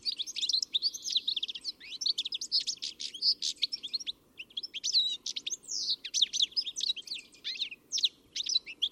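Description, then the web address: Birds chirping and twittering in a dense chorus, rapid high sweeping notes overlapping almost continuously with only brief pauses. "Deverinetal. Bird Only"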